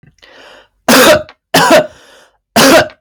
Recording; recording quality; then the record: heavy voluntary cough; excellent, no background noise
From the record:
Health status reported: healthy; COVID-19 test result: negative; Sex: male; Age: 29 years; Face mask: not worn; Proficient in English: yes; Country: United States